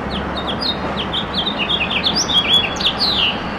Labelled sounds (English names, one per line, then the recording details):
House Finch song
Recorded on Long Island, New York, on 27 June 2012
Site BE
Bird A